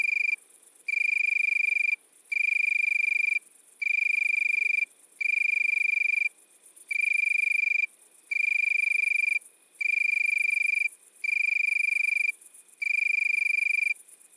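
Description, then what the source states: Italian tree cricket singing a pure trilling tone in bursts of about a second, each followed by a short pause, repeated steadily throughout. Recorded at midnight at Le Puech, Cantal.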